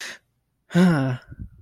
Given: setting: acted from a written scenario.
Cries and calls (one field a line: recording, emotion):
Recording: vocal sound without words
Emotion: pride